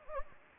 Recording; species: mosquito wingbeat signal from an infrared sensor; Anopheles gambiae